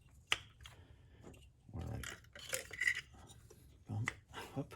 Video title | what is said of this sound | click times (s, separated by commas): How to change spark plugs for fuel economy | until you hear this click, | 0.3 s